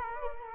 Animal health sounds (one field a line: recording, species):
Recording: mosquito wingbeat signal from an infrared sensor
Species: Culex quinquefasciatus